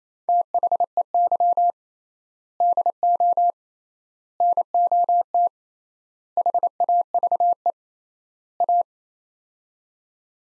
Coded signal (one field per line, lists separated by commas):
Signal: Morse code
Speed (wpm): 28 wpm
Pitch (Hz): 700 Hz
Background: none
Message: THEY DO NOT HAVE A